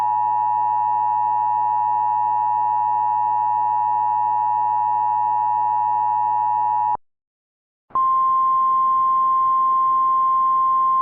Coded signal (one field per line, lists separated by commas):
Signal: Emergency Alert System (SAME) tones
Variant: 853 and 960 Hz attention tone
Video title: [EAS SCENARIO / ANALOG HORROR] - Piercing Freeze